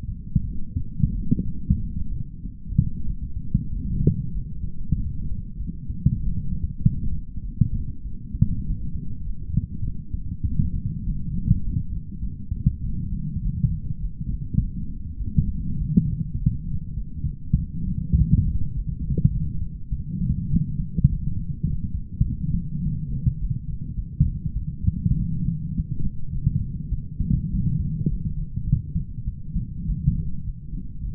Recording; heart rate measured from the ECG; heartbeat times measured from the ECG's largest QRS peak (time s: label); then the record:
heart sounds by stethoscope; 100 bpm
0.44 s: heartbeat
1.14 s: heartbeat
1.78 s: heartbeat
2.41 s: heartbeat
3.05 s: heartbeat
3.71 s: heartbeat
4.32 s: heartbeat
4.94 s: heartbeat
5.58 s: heartbeat
6.21 s: heartbeat
6.81 s: heartbeat
7.42 s: heartbeat
8.03 s: heartbeat
8.64 s: heartbeat
9.23 s: heartbeat
9.83 s: heartbeat
10.45 s: heartbeat
11.04 s: heartbeat
11.62 s: heartbeat
12.21 s: heartbeat
12.82 s: heartbeat
13.41 s: heartbeat
14.00 s: heartbeat
14.58 s: heartbeat
15.18 s: heartbeat
15.77 s: heartbeat
16.37 s: heartbeat
16.95 s: heartbeat
17.57 s: heartbeat
18.16 s: heartbeat
18.73 s: heartbeat
19.31 s: heartbeat
19.90 s: heartbeat
20.49 s: heartbeat
21.07 s: heartbeat
21.64 s: heartbeat
22.24 s: heartbeat
22.82 s: heartbeat
23.39 s: heartbeat
23.96 s: heartbeat
24.54 s: heartbeat
25.15 s: heartbeat
25.73 s: heartbeat
26.31 s: heartbeat
26.90 s: heartbeat
27.50 s: heartbeat
28.08 s: heartbeat
28.65 s: heartbeat
29.26 s: heartbeat
29.85 s: heartbeat
30.43 s: heartbeat
31.01 s: heartbeat
From the record:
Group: healthy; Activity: light exercise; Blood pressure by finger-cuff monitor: 114/55 mmHg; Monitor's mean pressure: 74 mmHg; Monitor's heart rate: 100 bpm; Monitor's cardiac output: 9.8 L/min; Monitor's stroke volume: 99 mL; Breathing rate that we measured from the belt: 26 breaths a minute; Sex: female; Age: 22 years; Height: 160 cm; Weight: 63 kg